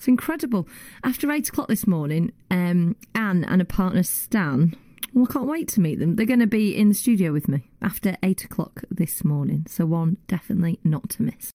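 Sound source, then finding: Adult radio presenter. Normal speech.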